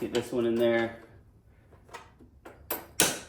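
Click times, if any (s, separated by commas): 3.0 s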